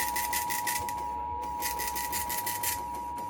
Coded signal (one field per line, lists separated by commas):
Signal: Emergency Alert System (SAME) tones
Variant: 853 and 960 Hz attention tone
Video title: Everything ditches me again. LOL || EAS Alerts from April 14, 2024 (EAS #2,590-2,602)